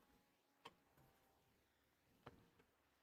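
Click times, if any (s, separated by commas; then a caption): none. A part is pushed into the power section of a 3D printer kit on a renewed attempt, giving several small ticks and a sharp knock. Nothing has caught or seated yet; the part still fails to catch.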